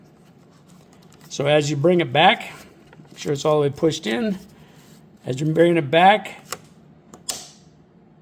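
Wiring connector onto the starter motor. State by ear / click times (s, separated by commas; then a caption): seated / 7.3 s. A wiring connector is pushed fully onto the starter motor of a small Fiat 500 car, and its locking slide is brought back while someone talks. A sharp click at 7.3 s marks the lock shutting and the connector seating in place.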